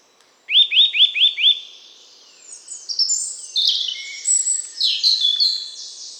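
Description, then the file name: Eurasian nuthatch calling a rapid series of five loud, rising whistled notes, followed by other high-pitched chirps. "Sitta europaea"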